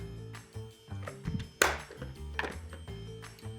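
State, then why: Seated. Two metal beaters are pushed through the plastic and into the sockets of a JSW Multi Functional Hand Mixer, with music playing in the background. After a first try that does not click, they lock in with sharp clicks at 1.6 and 2.4 seconds, and the beaters are seated.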